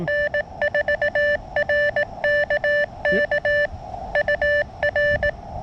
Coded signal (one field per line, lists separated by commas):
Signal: Morse code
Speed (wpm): 20 wpm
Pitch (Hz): 590 Hz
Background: none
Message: N4RKK UR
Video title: A tale of two verticals: How much difference can a better antenna really make? CW POTA at K-2034